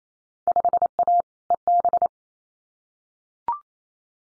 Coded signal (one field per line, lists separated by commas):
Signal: Morse code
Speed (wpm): 28 wpm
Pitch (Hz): 700 Hz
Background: none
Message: 5A EB